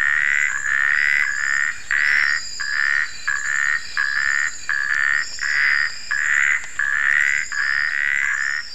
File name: Phrynobatrachus natalensis